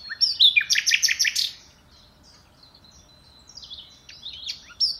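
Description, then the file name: Common nightingale singing one rich phrase of rapid repeated high notes, then a pause and quieter scattered whistles and chips. "Luscinia megarhynchos"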